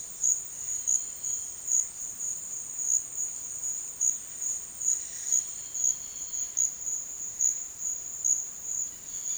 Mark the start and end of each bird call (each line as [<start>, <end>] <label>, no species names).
[0.68, 1.77] bird call
[4.65, 6.69] bird call
[8.81, 9.38] bird call